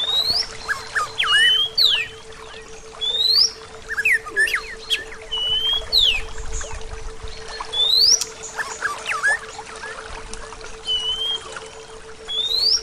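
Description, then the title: Bird song: sharp rising high notes recurring every couple of seconds, mixed with lower slurred whistles and chatter over a steady hum. "SuaraBurung Kicau"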